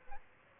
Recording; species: mosquito wingbeat signal from an infrared sensor; Aedes albopictus